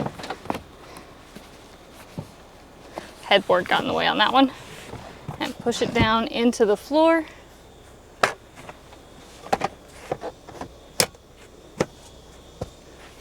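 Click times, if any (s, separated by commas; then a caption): 11.0 s. A second-row seat in a minivan is pushed down into the floor well, and the folding floor cover panel is pressed back down over it. Someone talks over a series of knocks and thumps, and the panel snaps back into place with a sharp click at 11.0 seconds.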